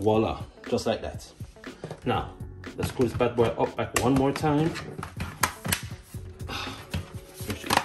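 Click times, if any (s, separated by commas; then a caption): 5.4 s, 5.7 s, 7.8 s. Someone talks while the plastic bottom cover of an Asus ROG Strix G15 Advantage laptop is refitted during a RAM upgrade and pressed down around its edge. Its clips snap into the laptop chassis with sharp clicks at 5.4 s, 5.7 s and 7.8 s, and the cover is seated.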